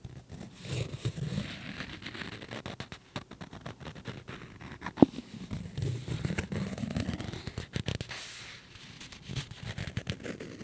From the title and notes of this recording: ASMR Playing with a Business Card.